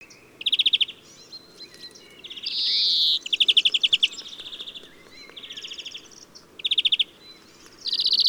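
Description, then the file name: European greenfinch song alternating brief dry trills with two drawn-out wheezing buzzes, phrases spaced by short gaps. "Chloris chloris"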